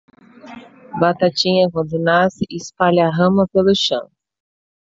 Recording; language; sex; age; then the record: short text; Brazilian Portuguese; female; 30 to 39 years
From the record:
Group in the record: control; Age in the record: 35 years